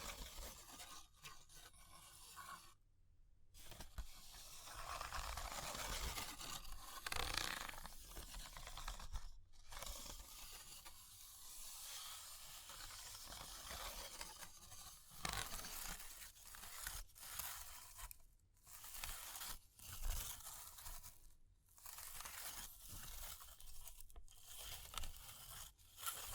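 Dense, bright crackling and scratching run almost without pause, a rough rasping texture full of small snaps and scrapes. Brief near-silent gaps break it up around 3, 9, 18 and 21 seconds, and a louder burst swells near 7 seconds.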